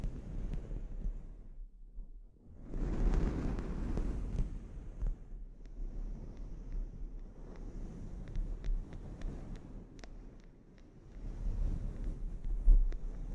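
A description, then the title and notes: A scalp treatment made of soft, rubbing rustles over a low, steady rumble. The rubbing dips quiet near two seconds, swells strongly from three to five, and builds again near twelve, with scattered small clicks and ticks throughout, most frequent around eight to eleven seconds. ASMR Sleep Inducing Scalp Treatment (No Talking).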